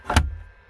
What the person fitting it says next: it clicks into place